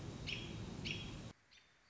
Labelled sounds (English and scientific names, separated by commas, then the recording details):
American Robin (Turdus migratorius)
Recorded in Sonoma County, California